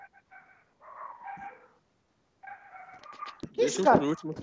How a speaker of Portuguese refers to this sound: De quem esse cachorro miserável que tá latindo aí, velho? Não é daqui, não.